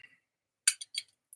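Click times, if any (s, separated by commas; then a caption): 0.7 s. A quick-detach M-LOK rail mount is worked into a handguard slot and seats with a sharp metallic clink at 0.7 s. Fainter clinks follow at about 0.8 s and 1.0 s, then a brief high tick near 1.3 s.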